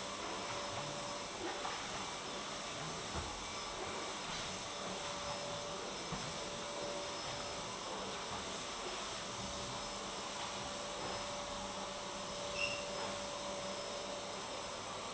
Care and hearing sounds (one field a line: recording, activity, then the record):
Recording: daily activity, microphone in the room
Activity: vacuum cleaning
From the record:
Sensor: 3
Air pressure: 1011.9 hPa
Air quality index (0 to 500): 236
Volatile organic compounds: 5 ppm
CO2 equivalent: 1750 ppm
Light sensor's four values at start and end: 11/27/11/11 and 11/26/11/11